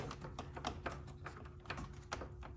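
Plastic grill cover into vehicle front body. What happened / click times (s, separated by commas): Plastic cover being pressed, not yet seated / none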